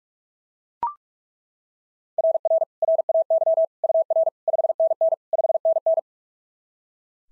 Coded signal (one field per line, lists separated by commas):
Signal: Morse code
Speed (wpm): 42 wpm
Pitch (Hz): 660 Hz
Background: none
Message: RR RAY UR 5NN 5NN